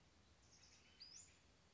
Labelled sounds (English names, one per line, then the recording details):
Western Flycatcher
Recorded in Sonoma County, California